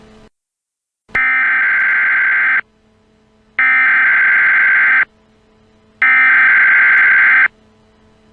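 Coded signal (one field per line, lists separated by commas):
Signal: Emergency Alert System (SAME) tones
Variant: header bursts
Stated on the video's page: Fictional metaphysical warning made with EAS Simulator software, not a real alert.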